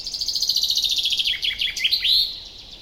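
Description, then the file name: Common chaffinch song: a rapid high trill of repeated notes that descends in steps and ends in a bright flourish. "Fringilla coelebs"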